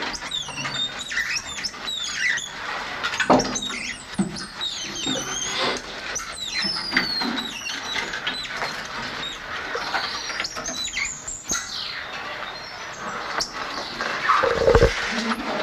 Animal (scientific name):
Saguinus labiatus